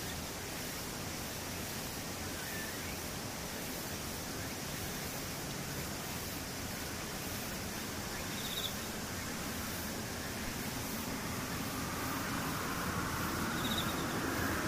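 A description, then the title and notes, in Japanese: Insects pulse in a fast, regular high trill over a dense, steady rushing hiss that swells slightly midway, with brief chirps near the end. セミムシ。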